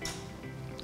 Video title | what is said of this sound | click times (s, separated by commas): Unbox and set up the Oracle MICROS Express Station 400 | This click indicates the Express Station 400 is secured in place. | 0.1 s